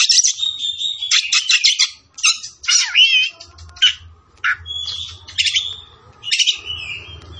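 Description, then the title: Oriental magpie-robin singing varied phrases: scratchy buzzes and sharp chips, then clear whistles and a twisting slurred note, with brief pauses and a low hum underneath. Tretes; singing vigorously, described as gacor. "Kacer Tretes"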